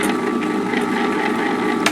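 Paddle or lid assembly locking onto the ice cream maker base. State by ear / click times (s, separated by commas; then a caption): seated / 1.9 s. A paddle or lid assembly is turned on an ice cream maker base. A steady ratcheting, grinding whir runs throughout, and a sharp click at 1.9 s marks the part locking into place, seated.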